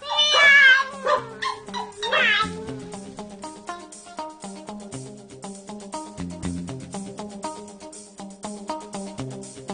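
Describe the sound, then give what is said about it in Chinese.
A pregnant cat lets out a couple of loud, high, drawn-out meows in the first few seconds, then a bouncy rhythmic music track with steady plucked notes takes over. “大肚猫，真系俾你激死我啦！”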